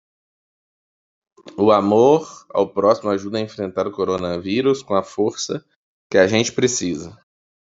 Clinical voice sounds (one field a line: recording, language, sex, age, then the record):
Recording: spoken sentence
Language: Brazilian Portuguese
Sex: male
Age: 30 to 39 years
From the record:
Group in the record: control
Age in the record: 35 years